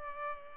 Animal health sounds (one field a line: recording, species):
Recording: mosquito wingbeat signal from an infrared sensor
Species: Culex pipiens